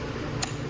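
A plastic canopy clip on a Graco Modes 3 Lite DLX stroller is pressed onto the other side of the frame. Over a steady low hum, a single sharp click sounds at 0.4 s, and the clip seats.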